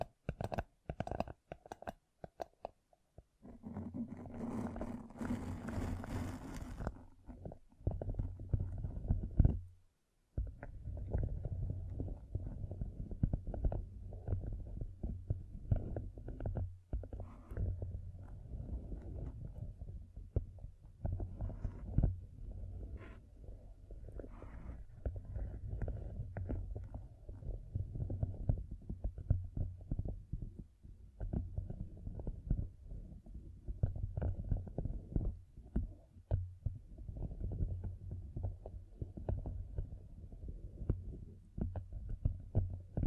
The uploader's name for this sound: Gem Covered Fingertips Tapping and Scratching